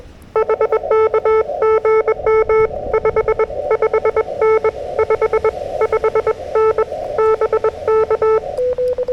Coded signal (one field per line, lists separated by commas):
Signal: Morse code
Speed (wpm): 21 wpm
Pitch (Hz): 1310 Hz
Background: none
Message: HK GM 5 5N 5 5N BK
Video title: 木々の雪が舞う暴風の中でQRP RHM12で運用/ FTX-1F 5W設定/ Snow Bursting from the Trees in Gale Winds / SOTA at Karousan